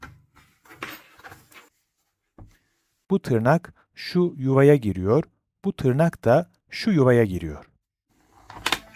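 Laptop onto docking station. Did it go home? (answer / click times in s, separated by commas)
yes / 8.7 s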